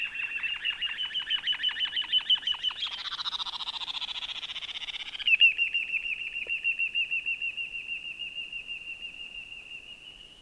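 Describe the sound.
Bird call: a rapid pulsed series of notes, a burst of harsh buzzy sound, then a long even trill that fades slowly.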